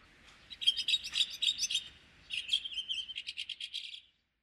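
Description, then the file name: Chestnut-cheeked starling giving rapid bursts of scratchy, buzzy chirps in two bouts separated by a short pause. Recorded in Muroran, Japan, on 25 May 2015. "komukudori muroran"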